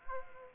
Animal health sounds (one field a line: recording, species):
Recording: mosquito wingbeat signal from an infrared sensor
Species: Aedes aegypti